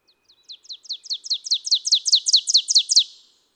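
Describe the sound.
Ovenbird song: many rapid, repeated high, downward-slurred notes, building from quiet to loud before stopping.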